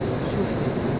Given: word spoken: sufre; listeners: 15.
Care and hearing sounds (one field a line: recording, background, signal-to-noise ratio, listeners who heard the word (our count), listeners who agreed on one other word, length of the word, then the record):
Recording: one Spanish word in noise, from a listening test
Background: speech-shaped noise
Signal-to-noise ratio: -5.9 dB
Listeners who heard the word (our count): 1 of 15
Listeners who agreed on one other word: 10 of 15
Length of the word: 0.60 s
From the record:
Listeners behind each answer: 10, 1, 1, 1, 1, 1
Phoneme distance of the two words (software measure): 34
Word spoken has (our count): 2 syllables, 5 phonemes, stress on syllable 1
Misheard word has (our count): 2 syllables, 5 phonemes, stress on syllable 1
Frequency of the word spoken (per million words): 27.18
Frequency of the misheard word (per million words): 11.27